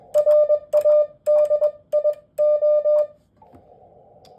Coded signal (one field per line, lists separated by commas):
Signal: Morse code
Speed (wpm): 21 wpm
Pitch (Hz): 600 Hz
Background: none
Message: RADIO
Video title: How fast can you copy Morse code?